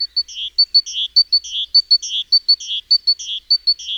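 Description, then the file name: Great tit calls: a fast, steady run of sharp high ticks, each pair followed by a buzzy, rasping lower note, repeating nearly twice a second throughout. "Parus major"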